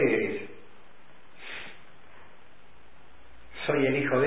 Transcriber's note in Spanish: suspira